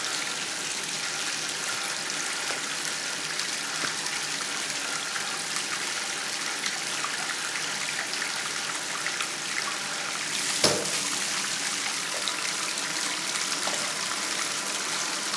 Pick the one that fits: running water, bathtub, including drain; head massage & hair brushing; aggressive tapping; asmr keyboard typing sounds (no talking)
running water, bathtub, including drain